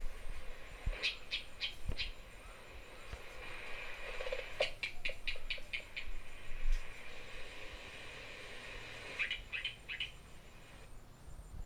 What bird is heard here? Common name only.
Northern Puffback